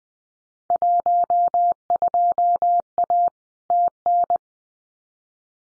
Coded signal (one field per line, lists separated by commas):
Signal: Morse code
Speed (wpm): 19 wpm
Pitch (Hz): 700 Hz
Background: none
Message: 12A TN